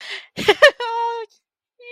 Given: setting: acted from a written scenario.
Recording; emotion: vocal sound without words; elation